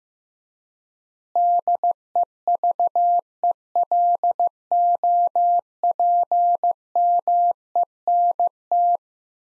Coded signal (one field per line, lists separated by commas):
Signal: Morse code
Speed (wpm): 16 wpm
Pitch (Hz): 700 Hz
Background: none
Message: DEVELOPMENT